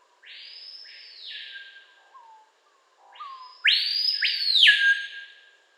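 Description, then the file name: Screaming piha giving loud whistled calls: a softer sweeping whistle, brief low notes, then a much louder ringing whistle that rises and falls. "Lipaugus vociferans"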